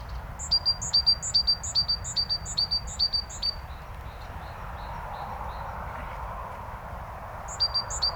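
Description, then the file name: Great tit repeating a bright, high two-note figure in a quick run, then softer notes, then loud again near the end, with constant low hum behind. "Parus major"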